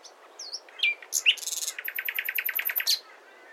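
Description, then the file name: Common nightingale singing: thin whistles and a bright upslurred note lead into a long rapid rattle of many repeated clicking notes. "Luscinia megarhynchos"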